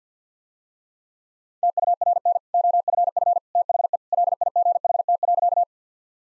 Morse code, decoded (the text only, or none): TURN OFF THE LIGHT.